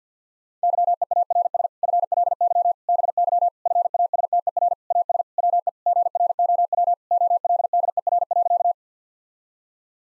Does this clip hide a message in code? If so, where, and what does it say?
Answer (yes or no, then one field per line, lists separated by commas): yes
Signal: Morse code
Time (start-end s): 0.6-8.7 s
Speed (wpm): 50 wpm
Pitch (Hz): 700 Hz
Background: none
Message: YEARS FLY BY FASTER AS WE GROW OLDER.